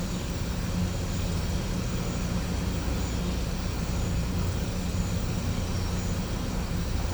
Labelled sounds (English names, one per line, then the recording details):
none
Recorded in pastures near Puerto Asís, Putumayo, Colombia, on 18 December 2024 at 11:30
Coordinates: 0.505, -76.324
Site G063